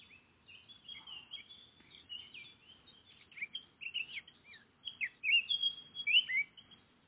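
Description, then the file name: Eurasian blackcap song: a continuous scratchy warble that grows louder and richer, ending with several bright, clear notes. "Sylvia atricapilla"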